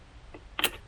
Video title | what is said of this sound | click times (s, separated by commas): Range Rover Evoque Fuel Filter Replacement | You hear it clicking in there. | 0.6 s